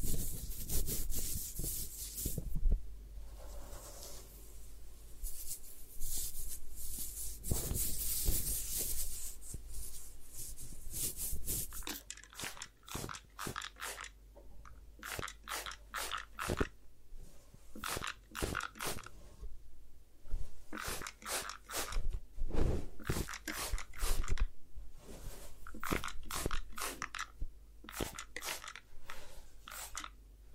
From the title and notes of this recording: ASMR Do You Need a Head Spa Hair Wash, Massage, Ear Cleaning (No Talking).